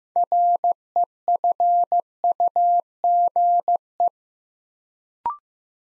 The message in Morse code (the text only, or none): REFUGE